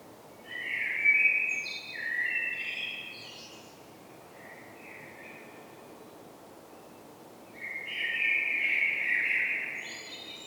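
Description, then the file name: Common blackbird whistling two long phrases separated by several seconds of soft fragments and near-silence, each phrase stepping between slightly different pitches. "Turdus merula"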